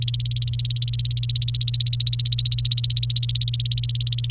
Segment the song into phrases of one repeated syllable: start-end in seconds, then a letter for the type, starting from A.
0.02-4.30 A